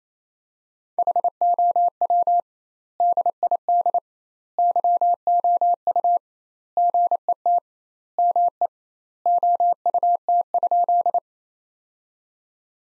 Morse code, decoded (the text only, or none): HOW DID YOU GET ME OUT?